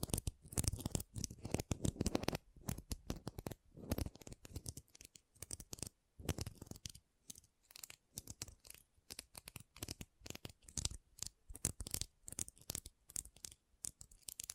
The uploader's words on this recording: ASMR Ultimate Pom Pom Tingles (No Talking).